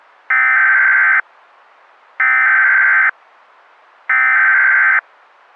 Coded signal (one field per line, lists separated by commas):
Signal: Emergency Alert System (SAME) tones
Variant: header bursts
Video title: (EAS Scenario) Shadowed Romance Part 1: Under Nightmare's Spell